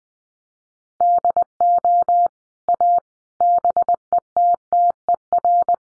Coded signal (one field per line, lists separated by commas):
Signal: Morse code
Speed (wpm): 20 wpm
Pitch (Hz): 700 Hz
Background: none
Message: DO A BETTER